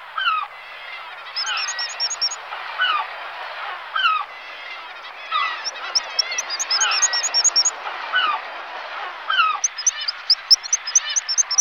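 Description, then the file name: Black guillemot giving bursts of rapid, high, thin notes in short series, with lower calls throughout. "Alkoun obecny Ceppus grylle"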